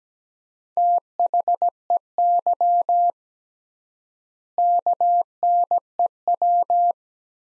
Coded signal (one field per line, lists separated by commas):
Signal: Morse code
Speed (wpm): 17 wpm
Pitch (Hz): 700 Hz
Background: none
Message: THEY KNEW